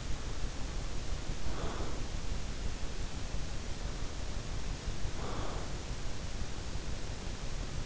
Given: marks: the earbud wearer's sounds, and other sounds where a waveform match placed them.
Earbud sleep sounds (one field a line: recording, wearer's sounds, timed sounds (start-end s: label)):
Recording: sounds in sleep by an in-ear microphone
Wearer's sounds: breath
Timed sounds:
1.36-2.12 s: breath
4.80-5.95 s: breath